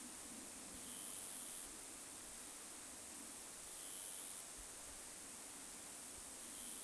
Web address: paivat 22 8 2026 joku uusi heinasirkkalaji muistuttaa ehka hieman hiljaista ruokosirkkalintua kenties